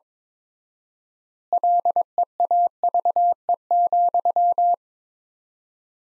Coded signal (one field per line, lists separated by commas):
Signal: Morse code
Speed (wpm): 22 wpm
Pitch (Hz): 700 Hz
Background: none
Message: LEAVE,